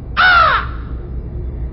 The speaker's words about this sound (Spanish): Hórrido cuervo vetusto y amenazador, evadido de la ribera nocturna. Dime, ¿cuál es tu nombre en la ribera de la noche plutónica? Y el cuervo dijo,